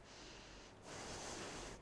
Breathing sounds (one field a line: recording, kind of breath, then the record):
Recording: one breath in and out by a microphone near the nose and mouth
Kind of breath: deep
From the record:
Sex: female